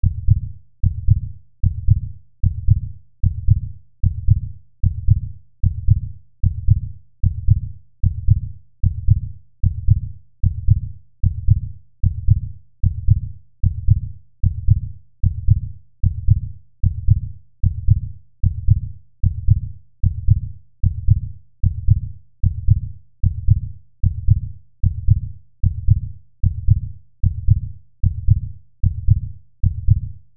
Heartbeat 78 BPM dull.